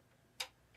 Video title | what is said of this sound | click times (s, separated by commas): Just Bought a Longarm? Watch This! - Watch and Learn Quilting Show | it makes a nice little click, and then your bobbin's ready | 0.4 s